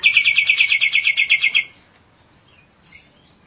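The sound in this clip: Nias hill myna giving a quick rattling trill of about a dozen bright notes, then a faint short squeak after a pause.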